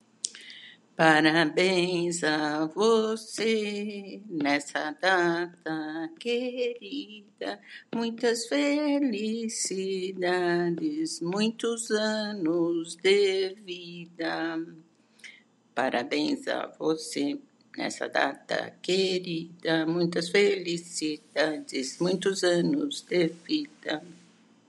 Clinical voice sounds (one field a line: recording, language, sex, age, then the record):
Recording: short text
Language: Brazilian Portuguese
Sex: female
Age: 70 to 79 years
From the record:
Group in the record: control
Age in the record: 73 years